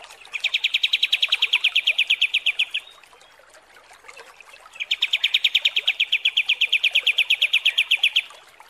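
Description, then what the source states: Kapas tembak trill: two long, rapid runs of bright, evenly repeated chips, separated by a short pause. Masteran training song for songbirds; a high-quality 'kapas tembak' song type.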